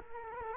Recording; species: mosquito wingbeat signal from an infrared sensor; Culex quinquefasciatus